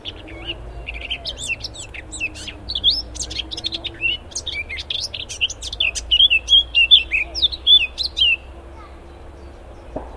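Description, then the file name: Eurasian blackcap song: a quick scratchy warble that runs into a louder series of clear, fluty whistled phrases, then stops abruptly; steady low background hum. "Sylvia atricapilla"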